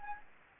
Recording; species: mosquito wingbeat signal from an infrared sensor; Anopheles gambiae